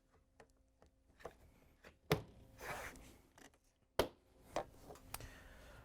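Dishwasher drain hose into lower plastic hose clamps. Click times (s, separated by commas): 2.1 s, 4.0 s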